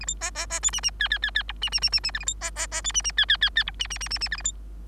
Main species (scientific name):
Lonchura striata domestica